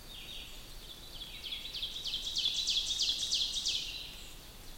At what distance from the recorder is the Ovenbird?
about 35 m